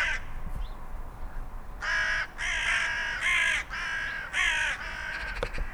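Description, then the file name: Carrion crow giving five rough, grating caws in quick succession after a cut-off note and a quiet pause, the notes harsh and drawn out, with faint background noise. "Corvus corone"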